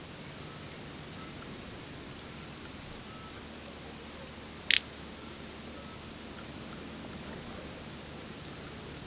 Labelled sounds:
Eurasian Scops Owl (Otus scops), Little Bustard (Tetrax tetrax)
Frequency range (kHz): Eurasian Scops Owl (Otus scops) 0.8-2.2 kHz; Little Bustard (Tetrax tetrax) 1.3-8.0 kHz
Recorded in France

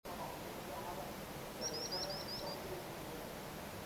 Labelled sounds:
Common Sandpiper (Actitis hypoleucos)
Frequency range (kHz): Common Sandpiper (Actitis hypoleucos) 3.7-6.4 kHz
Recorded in France

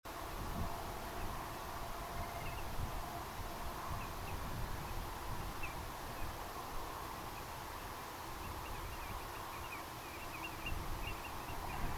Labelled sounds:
Eurasian Dotterel (Charadrius morinellus), unidentified sound
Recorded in France

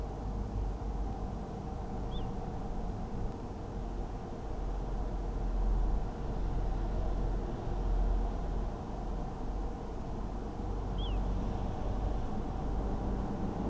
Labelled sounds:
Little Ringed Plover (Charadrius dubius)
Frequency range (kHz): Little Ringed Plover (Charadrius dubius) 2.3-3.8 kHz
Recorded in France

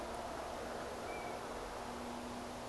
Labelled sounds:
European Golden Plover (Pluvialis apricaria)
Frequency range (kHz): European Golden Plover (Pluvialis apricaria) 2.1-2.6 kHz
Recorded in France

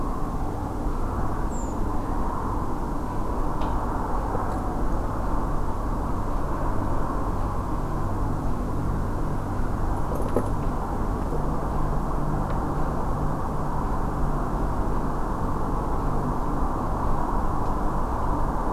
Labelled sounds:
Redwing (Turdus iliacus)
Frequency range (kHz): Redwing (Turdus iliacus) 6.5-8.8 kHz
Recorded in France

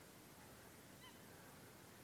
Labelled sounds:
Eurasian Coot (Fulica atra)
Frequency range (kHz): Eurasian Coot (Fulica atra) 0.9-4.1 kHz
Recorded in France

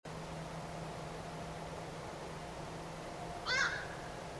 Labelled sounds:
Black-crowned Night-Heron (Nycticorax nycticorax), unidentified sound
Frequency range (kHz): Black-crowned Night-Heron (Nycticorax nycticorax) 1.1-8.0 kHz
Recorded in France

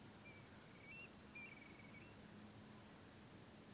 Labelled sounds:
Eurasian Stone-curlew (Burhinus oedicnemus)
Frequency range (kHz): Eurasian Stone-curlew (Burhinus oedicnemus) 2.1-2.9 kHz
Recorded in France

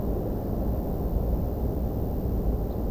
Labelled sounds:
Ortolan Bunting (Emberiza hortulana)
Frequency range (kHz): Ortolan Bunting (Emberiza hortulana) 3.3-4.4 kHz
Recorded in France

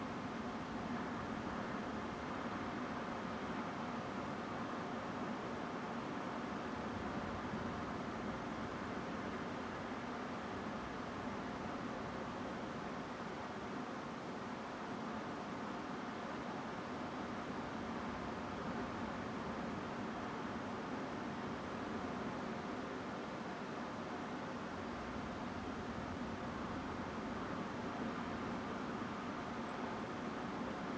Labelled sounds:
Song Thrush (Turdus philomelos)
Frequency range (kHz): Song Thrush (Turdus philomelos) 7.5-8.6 kHz
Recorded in France

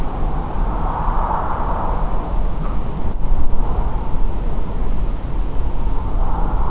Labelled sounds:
Redwing (Turdus iliacus)
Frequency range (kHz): Redwing (Turdus iliacus) 6.6-7.9 kHz
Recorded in France

